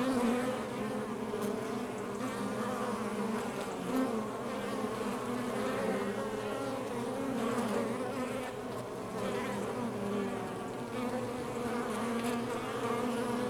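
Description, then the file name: Honey bees buzzing, a busy, continuous hum of many wings over a steady drone. Recorded outside the hive. "Demo 02 Ruche Exterieur 1"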